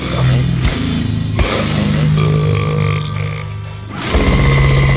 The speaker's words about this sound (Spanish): Eso, el eructo después de comerte todo el título este.